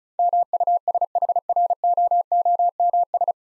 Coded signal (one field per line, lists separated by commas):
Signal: Morse code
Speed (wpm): 36 wpm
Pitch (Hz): 700 Hz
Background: none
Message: MUSHROOMS